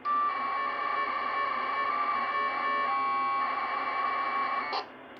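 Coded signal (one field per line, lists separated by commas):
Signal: packet radio (AX.25, as in APRS)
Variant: 1200 baud AFSK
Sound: harsh warbling two-tone data burst lasting about five seconds, then faint hiss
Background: radio static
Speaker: voil c'est un tout petit peu plus rapide quand même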